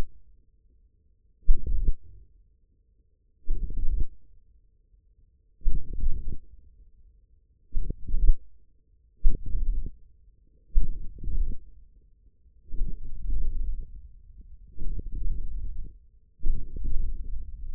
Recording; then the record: forearm muscle sounds (acoustic myography)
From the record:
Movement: hook grip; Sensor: system 1, eight BSWA MPA416 microphones around the upper forearm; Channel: 5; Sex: male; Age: 41 years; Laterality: right